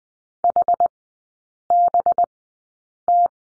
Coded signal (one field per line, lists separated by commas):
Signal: Morse code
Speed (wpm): 20 wpm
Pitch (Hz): 700 Hz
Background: none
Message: HBT